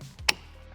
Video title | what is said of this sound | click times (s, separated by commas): How to install our BMC Cap on the FL5 and FK8 Honda Civic Type-R | and then you're just going to want to press it down and you'll hear a click | 0.3 s